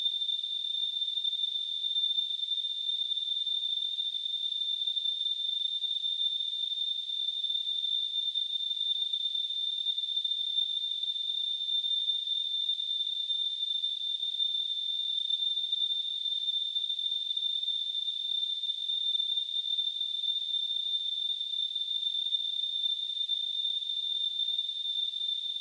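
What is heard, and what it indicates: A steady, unbroken high-pitched whistle, around 3.5 kHz, with a faint hiss around it, lasts the whole clip without change. It is a simulation of tinnitus, the constant ringing or whistling some people hear with no outside source.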